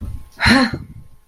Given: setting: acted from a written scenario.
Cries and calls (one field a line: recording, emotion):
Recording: vocal sound without words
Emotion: anger